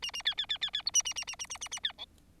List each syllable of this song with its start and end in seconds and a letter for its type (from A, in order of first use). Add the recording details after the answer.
0.02-0.11 A, 0.13-0.22 A, 0.25-0.35 B, 0.37-0.46 B, 0.49-0.58 B, 0.61-0.70 B, 0.73-0.82 B, 0.86-0.91 C, 0.94-1.02 A, 1.05-1.14 A, 1.16-1.24 A, 1.27-1.36 A, 1.39-1.46 A, 1.50-1.58 A, 1.61-1.68 A, 1.71-1.79 A, 1.83-1.92 B, 1.98-2.06 D. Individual Bird4